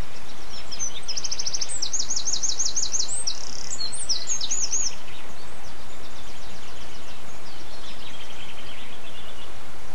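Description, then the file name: Bird song: a fast run of high sweeping notes in the first half, followed by softer repeated phrases, with constant background hiss. Birdsong dated 11 04 07, recorded on an MZ-N710 device. "MZ-N 710 Chants d oiseaux 11 04 07"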